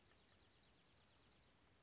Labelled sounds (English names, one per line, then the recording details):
Dark-eyed Junco
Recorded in Sonoma County, California